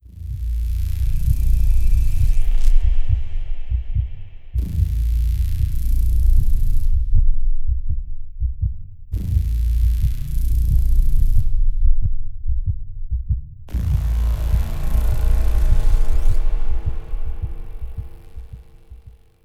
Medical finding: Heartbeat.